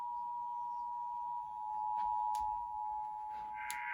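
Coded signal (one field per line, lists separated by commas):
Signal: Emergency Alert System (SAME) tones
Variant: 853 and 960 Hz attention tone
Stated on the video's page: Required Monthly Test received in Fredericksburg.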